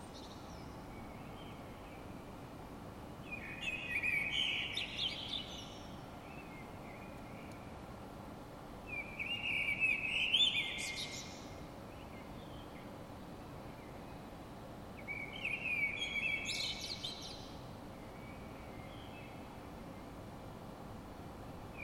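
A lone bird sings three bright phrases at night, near 4, 10 and 16 seconds, over a steady low hum of city noise.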